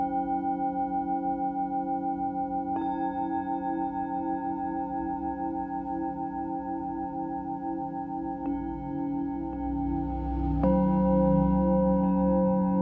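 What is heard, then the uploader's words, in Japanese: Singing bowls ring in long, steady overlapping tones for sound healing, with soft strikes near 3, 8.5 and 10.5 seconds adding fresh layers. The sound is sustained with a slow wavering pulse, and grows a little fuller and lower after the last strike. シンギングボウルのサウンドヒーリングライブ。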